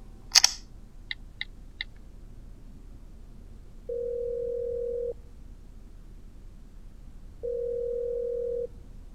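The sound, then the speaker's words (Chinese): A sharp click and three quick high beeps, then a steady ringback tone sounds twice, each about a second long with a pause between. It is a phone call to Shengun, who does not pick up. “没人接，这倒不奇怪，神棍经常不接电话，你要就这事儿发牢骚，他多半振振有词。”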